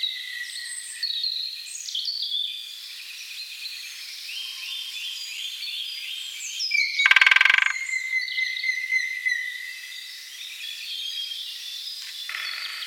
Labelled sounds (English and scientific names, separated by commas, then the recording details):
Great Spotted Woodpecker (Dendrocopos major) drumming
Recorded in the wild
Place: Gottenheim / Freiburg im Breisgau, Baden-Württemberg, DE
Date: 1976-03-28
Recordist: Schwarz, Dieter
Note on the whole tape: Drumming